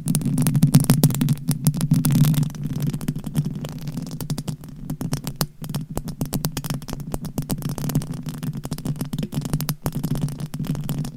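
Tapping and scratching sound as a dense run of quick, irregular clicks with rough scraping between them, over a steady low hum. The first two seconds are fuller and brighter, then the clicks thin slightly but continue without pause to the end.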